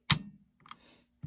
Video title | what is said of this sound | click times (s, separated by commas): BH Best arms BA-312-PG 12 gauge | hit this little thing and you're going to hear a clunk | 0.1 s